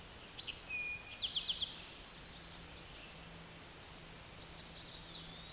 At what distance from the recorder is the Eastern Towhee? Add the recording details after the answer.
about 30 m. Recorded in a Pennsylvania forest on 17 May 2023 at 13:27. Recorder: AudioMoth, point grid1_31_low. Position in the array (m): 117 m, 102 m